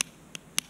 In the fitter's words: it's clicking that means you're tight and you need to let it click a few more times